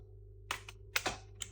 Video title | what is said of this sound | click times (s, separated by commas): Use of the VespaCam camera against Asian Hornets | effortlessly snaps right into its place like that. | 0.5 s, 1.0 s